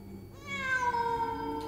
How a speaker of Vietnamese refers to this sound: Trong bầu không khí tĩnh lặng này, có lẽ tiếng lũ mèo hoang kêu lên đâu đây khiến cho người ta nghe mà sợn cả gai ốc.